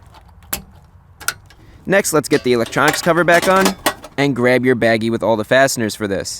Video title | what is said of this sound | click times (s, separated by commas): How to Replace a Hybrid Battery in a Prius (Upgraded Battery) | let's come down here and plug in these three connectors so just push them in until you hear a nice click | 0.5 s, 1.3 s